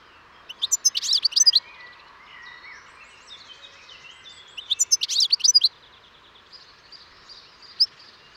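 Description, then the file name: European goldfinch song, two short twittering bursts about four seconds apart, with a few faint single notes afterwards. "Carduelis carduelis"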